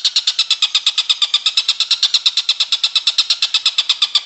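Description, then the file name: Stork-billed kingfisher repeating coarse, buzzy cackling notes in a quick, regular rhythm throughout the short stretch. "tengkek buto om andri"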